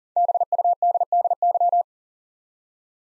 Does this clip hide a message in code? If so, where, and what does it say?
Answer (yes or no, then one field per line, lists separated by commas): yes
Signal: Morse code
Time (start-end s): 0.2-1.8 s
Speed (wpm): 43 wpm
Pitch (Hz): 700 Hz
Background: none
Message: BUDDY